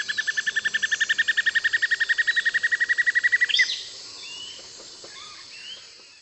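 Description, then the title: Greyish Mourner song: a rapid, even run of repeated notes for about three and a half seconds, ending with a sharp upslurred note. Subspecies frederici. "LuckyPassaro Completos2Sama. Greyish Mourner (Rhytipterna simplex frederici)"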